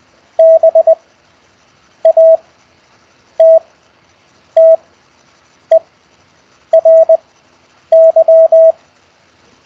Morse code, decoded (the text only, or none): BATTERY